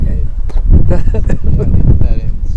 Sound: laughs